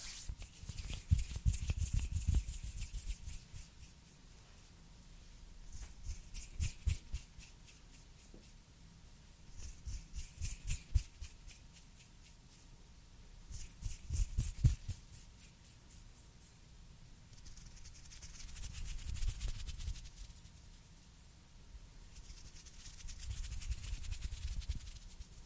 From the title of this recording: Crispy And Soft Hand Sounds